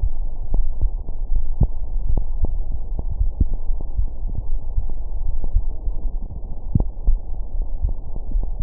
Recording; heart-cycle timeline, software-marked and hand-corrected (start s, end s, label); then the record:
heart sounds
not marked
From the record:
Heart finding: coronary artery disease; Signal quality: poor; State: rest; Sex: male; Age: 61 years